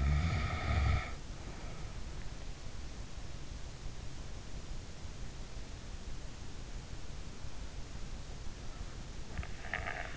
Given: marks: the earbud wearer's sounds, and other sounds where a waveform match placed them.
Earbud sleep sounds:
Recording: sounds in sleep by an in-ear microphone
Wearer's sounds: snoring breath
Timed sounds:
0.00-2.17 s: snoring breath
9.77-10.17 s: snoring breath

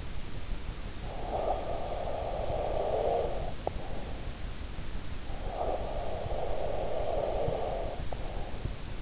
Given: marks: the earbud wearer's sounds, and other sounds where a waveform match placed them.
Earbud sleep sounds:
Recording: sounds in sleep by an in-ear microphone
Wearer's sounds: snoring breath, breath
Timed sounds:
0.89-4.12 s: snoring breath
5.12-9.02 s: breath

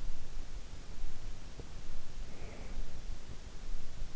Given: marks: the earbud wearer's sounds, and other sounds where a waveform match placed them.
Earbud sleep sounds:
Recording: sounds in sleep by an in-ear microphone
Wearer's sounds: breath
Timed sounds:
1.92-3.26 s: breath

